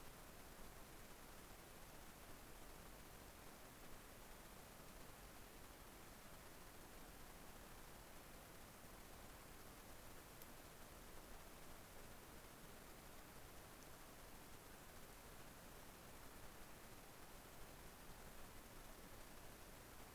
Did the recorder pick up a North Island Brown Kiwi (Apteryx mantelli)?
no